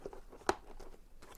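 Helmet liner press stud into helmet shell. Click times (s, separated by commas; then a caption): 0.5 s. A press stud on the liner at the back of an Airoh Matryx helmet is pushed into the helmet shell. A few faint soft taps lead up to one sharp, bright click at 0.5 s, followed by quiet low handling noise. The press stud clicks closed and is seated.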